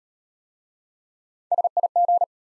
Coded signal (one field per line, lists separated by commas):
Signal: Morse code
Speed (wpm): 32 wpm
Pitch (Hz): 700 Hz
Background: none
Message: SIG